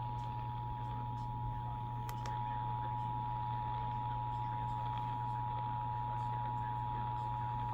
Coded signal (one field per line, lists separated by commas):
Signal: Emergency Alert System (SAME) tones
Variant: 853 and 960 Hz attention tone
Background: speech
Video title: eas tor Eas#331- 332)